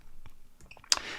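A click-type torque wrench set to about 18.5 inch-pounds is pulled against a torque calibration sensor, with a few faint ticks before it breaks over. A sharp, loud click comes at 0.9 s, followed by a brief ringing tail. The tester reads about 17.5 inch-pounds, confirming the wrench clicks at its set torque.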